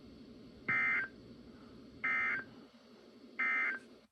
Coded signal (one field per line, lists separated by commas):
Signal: Emergency Alert System (SAME) tones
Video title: EAS #855-867 (Late June 2021)